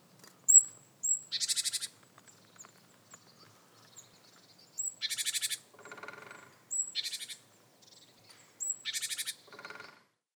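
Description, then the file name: Great tit repeating a high thin note and buzzy pulsed churr four times; two calls are followed by lower, nasal rasping notes, with faint soft chips between. "Parus major"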